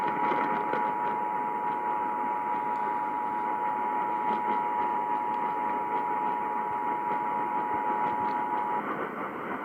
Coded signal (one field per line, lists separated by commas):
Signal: Emergency Alert System (SAME) tones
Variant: 853 and 960 Hz attention tone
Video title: New York City EAS Required Monthly Tests (April 10, 2019)